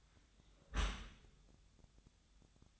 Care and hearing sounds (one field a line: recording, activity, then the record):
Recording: daily activity, microphone in the room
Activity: close dishwasher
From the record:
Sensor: 3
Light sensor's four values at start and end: 7/17/7/7 and 7/17/7/7